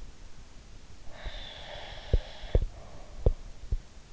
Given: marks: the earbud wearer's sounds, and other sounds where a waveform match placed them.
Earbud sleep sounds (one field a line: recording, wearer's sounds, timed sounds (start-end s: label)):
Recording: sounds in sleep by an in-ear microphone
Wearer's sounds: breath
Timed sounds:
1.05-3.39 s: breath
2.08-3.81 s: sound from someone else or the room